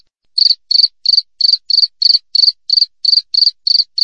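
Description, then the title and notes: Cricket chirps, each a brief burst of rapid high pulses, coming roughly three times per second in an even, clean series. Clear natural cricket sound with tightly spaced chirps, intended as a master recording for training songbirds and for repelling rats. "Masteran Jangkrik Alam Jernih, Jeda Rapat Cocok Untuk Masteran Burung Dan Mengusir Tikus. suara jangkrik"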